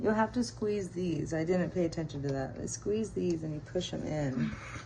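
Someone talks while squeezing the two side clips of a plastic clip-on printhead part to push it back onto the extruder assembly of an Adventurer 5M Pro 3D printer, during a fix for stuck filament. Only speech is heard, and the part has not seated or clicked into place yet.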